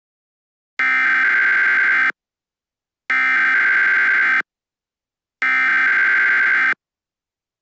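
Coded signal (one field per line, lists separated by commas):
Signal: Emergency Alert System (SAME) tones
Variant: header bursts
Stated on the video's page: Mock EAS alert.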